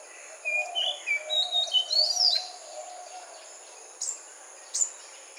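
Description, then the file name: Magpie-robin song: a loose series of clear whistled and slurred phrases, then two short high notes. Sung in a morning chorus. "Magpie robin in morning chorous"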